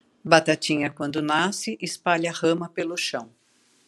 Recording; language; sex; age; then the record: short text; Brazilian Portuguese; female; 60 to 69 years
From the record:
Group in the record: control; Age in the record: 65 years